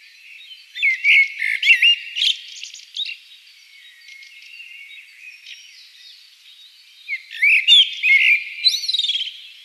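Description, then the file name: Common blackbird giving twittering, squeaky phrases with sharp upswept notes in two bursts, separated by a quieter stretch of soft chatter. "Turdus merula"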